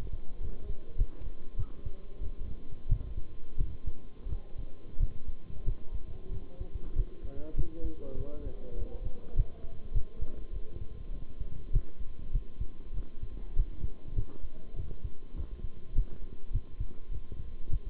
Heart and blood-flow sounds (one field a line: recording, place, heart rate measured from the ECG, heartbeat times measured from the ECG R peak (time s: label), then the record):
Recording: heart sounds by stethoscope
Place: between the tricuspid and mitral areas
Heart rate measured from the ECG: 97 bpm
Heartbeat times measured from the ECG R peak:
0.40 s: heartbeat
0.97 s: heartbeat
1.56 s: heartbeat
2.21 s: heartbeat
2.88 s: heartbeat
3.57 s: heartbeat
4.28 s: heartbeat
4.99 s: heartbeat
5.65 s: heartbeat
6.31 s: heartbeat
6.95 s: heartbeat
7.56 s: heartbeat
8.17 s: heartbeat
8.77 s: heartbeat
9.35 s: heartbeat
9.94 s: heartbeat
10.52 s: heartbeat
11.12 s: heartbeat
11.72 s: heartbeat
12.32 s: heartbeat
12.94 s: heartbeat
13.55 s: heartbeat
14.15 s: heartbeat
14.76 s: heartbeat
15.36 s: heartbeat
15.94 s: heartbeat
16.53 s: heartbeat
17.11 s: heartbeat
17.69 s: heartbeat
From the record:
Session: bicycle stress test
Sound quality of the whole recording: good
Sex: male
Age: 23 years